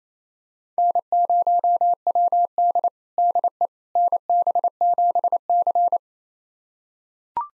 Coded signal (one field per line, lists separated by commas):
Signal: Morse code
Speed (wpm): 27 wpm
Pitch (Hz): 700 Hz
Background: none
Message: N0WD DE NB7C